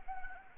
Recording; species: mosquito wingbeat signal from an infrared sensor; Anopheles gambiae